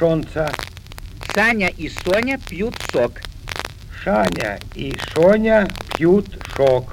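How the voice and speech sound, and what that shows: An adult woman says a short Russian sentence twice, slowly and clearly, with every s sound coming out hushed, close to sh. This is an imitated sigmatism, a defect in pronouncing whistling sibilant sounds.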